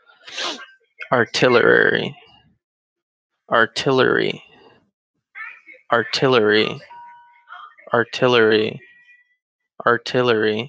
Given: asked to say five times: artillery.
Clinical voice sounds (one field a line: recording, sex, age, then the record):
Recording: repeated word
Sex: male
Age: 20 to 29 years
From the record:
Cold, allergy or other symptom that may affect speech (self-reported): no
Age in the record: 29 years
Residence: Pennsylvania, United States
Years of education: 12